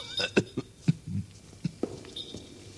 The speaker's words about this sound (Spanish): El ataque de tos le impidió responderme al momento.